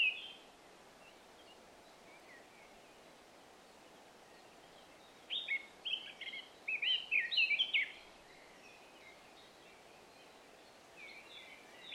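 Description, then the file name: Eurasian blackcap giving one clear phrase of quick, varied fluty notes lasting about two and a half seconds, framed by quiet pauses. "Sylvia atricapilla"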